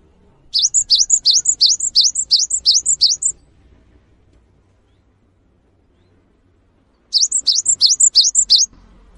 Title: GELATIK BATU GACOR WUCIT PANJANGNYA BIKIN GELATIK LAIN JADI TERPANCING UNTUK IKUT BUNYI